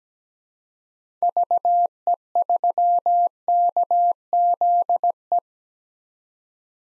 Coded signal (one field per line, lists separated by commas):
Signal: Morse code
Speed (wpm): 17 wpm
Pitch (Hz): 700 Hz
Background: none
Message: VE3KZE